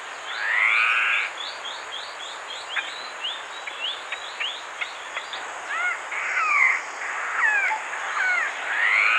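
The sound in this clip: Raffles's malkoha voice: broad slurred notes, then many short falling mews and doubled downslurs, loud and irregular, with a rapid high chirping series early on.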